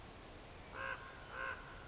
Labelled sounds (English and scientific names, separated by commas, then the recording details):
Common Raven (Corvus corax)
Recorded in Sonoma County, California